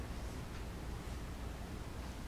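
A tilted scroll saw table is handled as it is rotated back toward the spring plunger detent in its tilt mechanism, with only a steady, broadband hiss and low rumble heard throughout. Nothing has seated or clicked yet; the clip ends before the detent drops into its notch.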